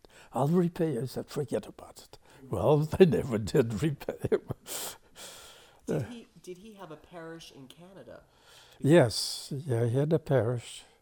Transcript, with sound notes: "I'll repay you!" He said, "Forget about it." Well, they never did repay him. (Laughs) Did he - did he have a parish in Canada? Yes. Yeah, he had a parish.